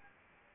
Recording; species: mosquito wingbeat signal from an infrared sensor; Anopheles arabiensis